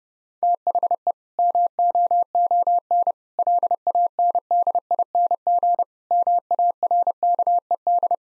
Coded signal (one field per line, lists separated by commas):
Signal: Morse code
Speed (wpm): 30 wpm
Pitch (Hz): 700 Hz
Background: none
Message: THE MOON LANDING MARKED